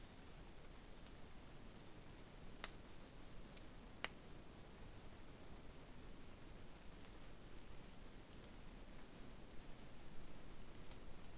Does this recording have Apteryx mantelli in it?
no